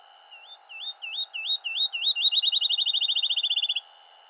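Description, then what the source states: Field sparrow song of spaced, upslurred whistles that run faster and faster into a long, bouncing trill, over a quiet steady hum. Recorded 7 July 2007.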